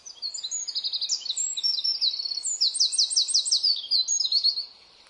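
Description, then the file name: Eurasian wren delivering an energetic high, jangling song of rapid notes and buzzy trills, lasting about four and a half seconds before ending sharply. "Troglodytes troglodytes"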